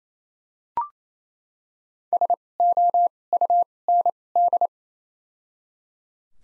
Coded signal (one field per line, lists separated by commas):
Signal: Morse code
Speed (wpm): 28 wpm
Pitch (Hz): 700 Hz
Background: none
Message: SOUND